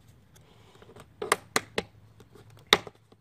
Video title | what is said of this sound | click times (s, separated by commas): #boxhockey box hockey Assembly Attaching Velcro strips, bottom playing surface, nets | and it will snap into place | 2.7 s